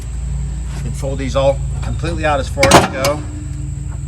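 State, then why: Not seated. A fifth wheel hitch is handled over a truck bed's prep-package puck mounts, with its steel front leg about to drop into the bed-mounted puck receiver. Someone talks over a steady low hum. Nothing has seated or clicked yet.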